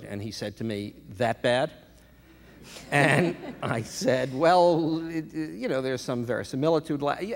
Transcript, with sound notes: And he said to me, that bad?
(LAUGHTER)
And I said, well, you know, there's some verisimilitude.